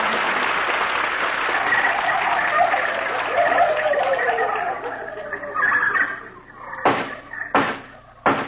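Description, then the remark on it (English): A dense, overlapping chorus of turkeys gobbling as a jury on the Jack Benny radio show fills the first six seconds, steady and loud, then fades and gives way to three sharp, isolated knocks. “Turkeys of the jury, you've heard the evidence.”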